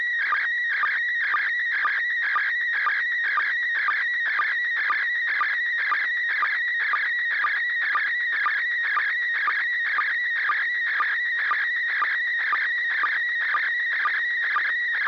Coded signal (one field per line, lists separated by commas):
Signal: SSTV (slow-scan television)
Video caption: First Image Transmission Begin Resulting Image Beginning of a Second Image